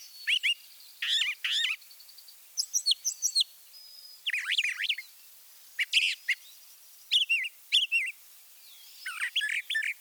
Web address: Birding by Ear, Eastern and Central North America - Peterson Guides 2009 Mimics Northern Mockingbird